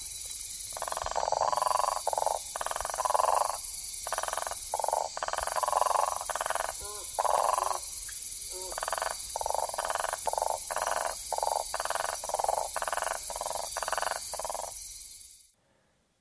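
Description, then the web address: South American common toad calls as short pulsed buzzy bursts repeated rapidly, over a steady high insect hiss. Ecuadorian Amazon, Ecuador; form labelled sp 2. "Frogs of Ecuadorian Amazon Bufo typhonius"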